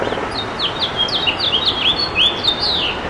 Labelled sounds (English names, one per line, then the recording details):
House Finch song
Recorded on Long Island, New York, on 27 June 2012
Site BE
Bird A